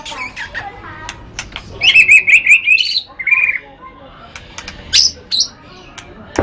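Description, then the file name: White-rumped shama giving short song phrases: a quick rippling trill of whistled notes, a buzzy burst, then scattered sharp high chips separated by pauses. "kicau murai batu matrix pawang bc lhokseumawe"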